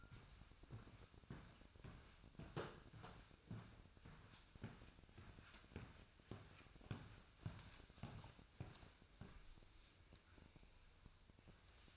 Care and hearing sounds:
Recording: daily activity, microphone in the room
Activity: walk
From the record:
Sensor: 2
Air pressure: 1001.5 hPa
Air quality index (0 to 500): 228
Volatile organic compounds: 26 ppm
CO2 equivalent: 2869 ppm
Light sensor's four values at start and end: 9/28/11/10 and 8/28/11/10

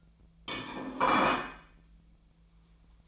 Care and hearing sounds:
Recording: daily activity, microphone in the room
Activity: place plate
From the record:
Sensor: 1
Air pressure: 1009.4 hPa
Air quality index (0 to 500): 195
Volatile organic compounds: 19 ppm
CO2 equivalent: 2668 ppm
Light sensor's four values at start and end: 29/74/31/37 and 29/74/31/37

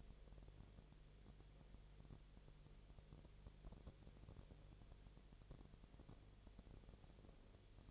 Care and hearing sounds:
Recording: daily activity, microphone in the room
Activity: no activity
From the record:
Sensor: 4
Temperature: 22.3 degrees Celsius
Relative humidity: 30.9%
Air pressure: 1004.1 hPa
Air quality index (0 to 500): 86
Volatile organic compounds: 1 ppm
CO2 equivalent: 777 ppm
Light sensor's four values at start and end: 2/3/1/1 and 2/3/1/1

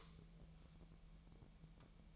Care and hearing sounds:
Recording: daily activity, microphone in the room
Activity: light off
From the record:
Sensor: 1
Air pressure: 1002.0 hPa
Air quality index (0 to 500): 245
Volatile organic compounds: 49 ppm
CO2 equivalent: 3278 ppm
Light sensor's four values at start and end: 5/11/4/5 and 5/11/4/5

